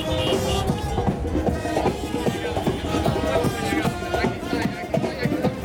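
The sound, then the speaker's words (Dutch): Football fans walking over a footbridge across a motorway to the stadium at the 2022 World Cup in Qatar cheer and chant together, a dense, steady mass of many voices with rhythmic bursts running throughout at a constant, lively level. “En die fans, ja, u hoort het, ze hebben er zin in.”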